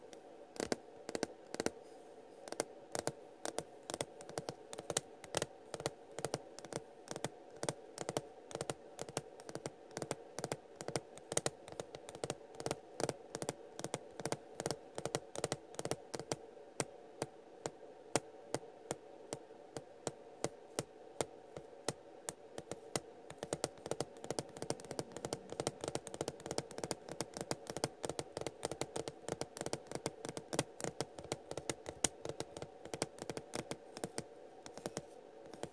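Rapid fingertip tapping continues for the whole clip, a dense run of sharp, crisp clicks with a faint hum beneath. The taps thin out briefly around the middle, then grow busier and a bit louder in the second half, resembling quick typing.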